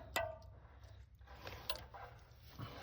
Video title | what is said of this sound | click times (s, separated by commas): 2019 GMC Duramax L5P P0206&P0300 service emissions system fix #l5p #duramax #like #gmc #automobile | just to check and you heard that click click | 0.2 s, 1.7 s